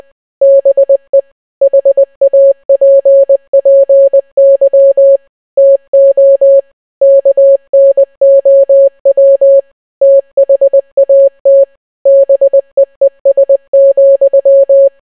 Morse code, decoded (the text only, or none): BE HAPPY TO KNOW THAT BEES,